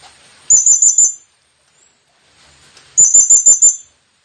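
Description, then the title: Blue-crowned hanging parrot giving two short bursts of very high, thin, rapid chirps, each under a second long, separated by a quiet gap. Lure call used to attract the bird. "Burung Serindit Memanggil"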